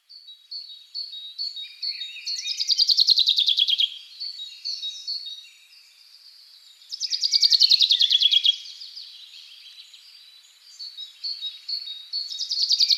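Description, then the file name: Common chaffinch repeating its rattling, downward-sliding song phrase about every four to five seconds, the third phrase cut off at the end. "Fringilla coelebs"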